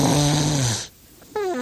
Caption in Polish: To jest jedno z lepszych chrapnięć, tak, które słyszałam. Synek Pauli w domu, ona ma to na co dzień.